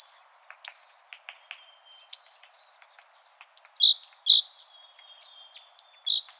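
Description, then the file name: Great tit calls: short bright notes with high sharp tips, given in quick pairs and short bursts. Each burst is separated by brief pauses, with faint thin notes from other birds behind. "Parus major"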